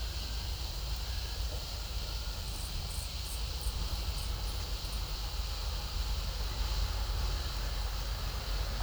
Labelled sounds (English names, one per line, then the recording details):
none
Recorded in pastures near Puerto Asís, Putumayo, Colombia, on 4 March 2025 at 15:00
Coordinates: 0.497, -76.327
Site G072